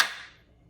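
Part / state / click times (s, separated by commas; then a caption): fixed-blade knife into polymer sheath / seated / 0.0 s. A Camillus BK3 Tactool fixed-blade knife is pushed into its polymer sheath, and the retention snaps it in place. A single sharp, bright click at 0.0 s decays over about 0.3 seconds into quiet. The knife is seated and locked in tight.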